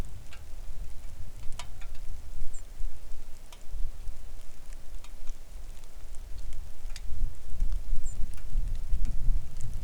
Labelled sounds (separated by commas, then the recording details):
songbird, wind, rain
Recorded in the Arctic National Wildlife Refuge, Alaska, on 3 August 2019 at 10:05
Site 41